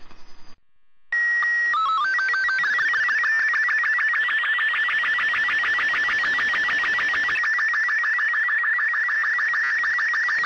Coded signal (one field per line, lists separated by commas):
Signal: SSTV (slow-scan television)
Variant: Robot 36